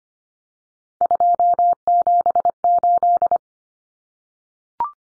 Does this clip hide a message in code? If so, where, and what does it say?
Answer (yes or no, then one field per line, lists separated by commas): yes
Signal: Morse code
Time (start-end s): 1.0-3.4 s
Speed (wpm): 25 wpm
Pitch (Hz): 700 Hz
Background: none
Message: 278